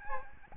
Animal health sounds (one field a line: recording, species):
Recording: mosquito wingbeat signal from an infrared sensor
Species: Aedes albopictus